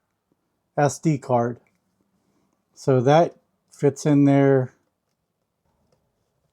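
Someone talks while a 64 GB SD card is lined up at the card slot of an AZ Dome 4K dash cam mirror, ready to be pushed home. Nothing has seated or clicked yet; only a very faint tick is heard near 5.9 s.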